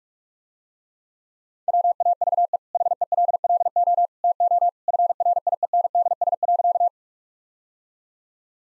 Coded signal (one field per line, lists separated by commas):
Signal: Morse code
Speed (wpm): 41 wpm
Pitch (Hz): 700 Hz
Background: none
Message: WAVE HELLO TO FRIENDS.